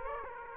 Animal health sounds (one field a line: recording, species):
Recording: mosquito wingbeat signal from an infrared sensor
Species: Aedes aegypti